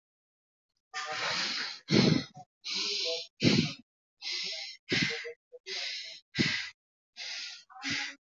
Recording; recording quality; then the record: shallow breathing; excellent, no background noise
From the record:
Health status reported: healthy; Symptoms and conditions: none ticked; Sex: male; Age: 22 years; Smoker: not ticked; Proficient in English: yes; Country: India